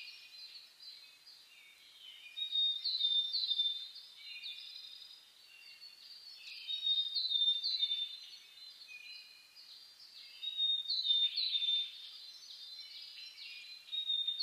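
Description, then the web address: Birds in a dense dawn chorus, waves of high chirping and whistled song rising around three, seven and eleven seconds. Dawn chorus (reimei) of birdsong (saezuri) on 10 May 2010. "reimei -saezuri-20100510"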